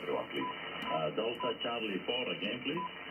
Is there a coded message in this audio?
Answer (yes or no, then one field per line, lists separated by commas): no